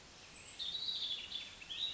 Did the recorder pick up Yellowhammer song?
no